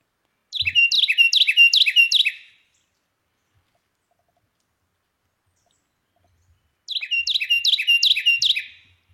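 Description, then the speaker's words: Carolina wren song: loud, ringing, rolling phrases repeated several times, given as two songs with a long silence between them. Recording played on air; described as a very loud song. "And so I think we've got the beautiful sound of the Carolina wren, courtesy of Jacob and Cornell University."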